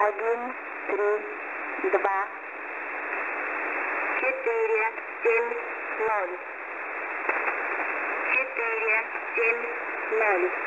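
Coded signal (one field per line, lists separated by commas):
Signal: numbers station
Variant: S06s, Russian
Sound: voice reading Russian numbers in short evenly spaced words over hiss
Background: radio static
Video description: ID: 132 Code Book ID: 470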